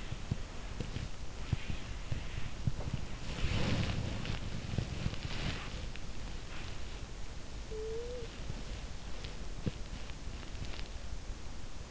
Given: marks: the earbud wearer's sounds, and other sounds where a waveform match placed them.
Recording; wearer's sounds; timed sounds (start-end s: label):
sounds in sleep by an in-ear microphone; body movement, talking in sleep
0.00-11.91 s: body movement
7.53-8.70 s: talking in sleep